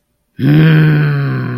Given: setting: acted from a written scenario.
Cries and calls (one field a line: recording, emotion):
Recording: vocal sound without words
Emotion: anger